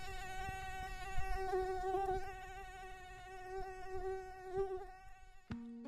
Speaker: Esse é o som de um mosquito